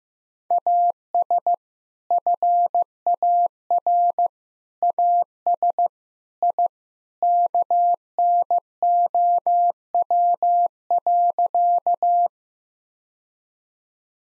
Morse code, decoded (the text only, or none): AS FAR AS I KNOW.